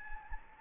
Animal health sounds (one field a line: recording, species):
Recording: mosquito wingbeat signal from an infrared sensor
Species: Anopheles gambiae